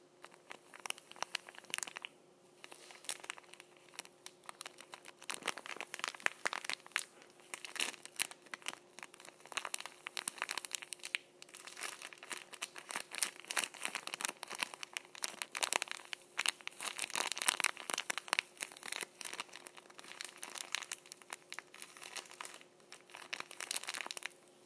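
Tissues are gripped and crumpled, a dense run of crackling and crinkling that comes in busy bursts with brief lulls throughout. The rustle is bright and papery, and a faint steady hum sits underneath.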